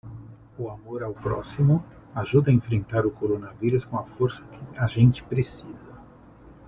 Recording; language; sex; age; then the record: spoken sentence; Brazilian Portuguese; male; 50 to 59 years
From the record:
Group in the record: control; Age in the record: 53 years